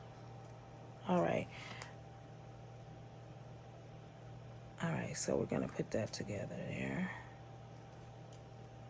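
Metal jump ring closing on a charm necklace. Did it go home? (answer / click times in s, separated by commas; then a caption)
no / none. Someone talks while handling a metal jump ring being closed on a charm necklace, with only faint handling sounds under the voice. The ring has not clicked closed yet, and nothing has seated.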